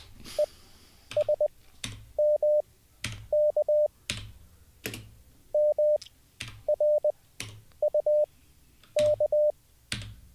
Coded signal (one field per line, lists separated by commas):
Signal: Morse code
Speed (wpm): 20 wpm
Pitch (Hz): 600 Hz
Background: none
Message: ESMK MRUK